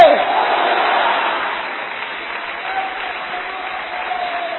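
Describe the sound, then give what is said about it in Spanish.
A church audience at the Templo de Israel church gives a loud round of applause to Christ, a dense wash of clapping that holds fairly loud throughout, with a faint sustained tone sounding beneath it and no one speaking. “Pueden alabar a Dios, den un fuerte aplauso a Cristo.”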